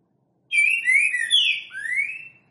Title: Canto De Trinca Ferro Voz 10. TRINCA FERRO BOIADEIRO CANTANDO FORTE. ESQUENTAR TRINCA FERRO